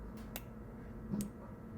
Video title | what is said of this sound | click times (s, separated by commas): 2020 BMW S1000RR M - Illuminated Roundels Installed! | There's a click. | 0.4 s, 1.2 s